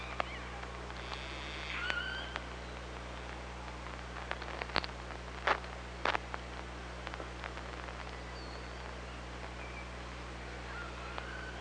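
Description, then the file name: Orca calls, several faint short tonal calls early on and more later, among loud clicks and knocks, over a steady hiss and low hum. Recorded underwater by hydrophone on 24 August 2017 at 05:41. "Orca Lab"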